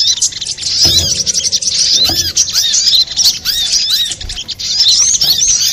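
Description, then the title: Little spiderhunter song of sharp, high squeaky chirps and looping notes in a rapid stream, with several dull low thumps in the background. Master recording for training cage birds; labelled Labaik. "Sogok Ontong Labaik"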